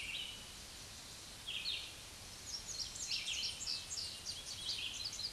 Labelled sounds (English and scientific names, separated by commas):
Red-eyed Vireo (Vireo olivaceus) song